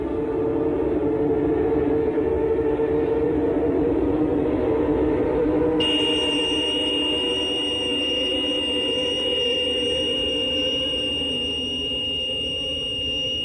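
A low, dense rumble fills the first few seconds, then a loud, piercing electronic beep emitted by the unearthed monolith as a ray of sunlight strikes it, with the Sun, Earth and Moon aligned, cuts in abruptly and holds as one steady, shrill tone over the continuing rumble until the end.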